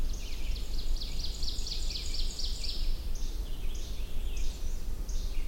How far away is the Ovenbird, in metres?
about 55 m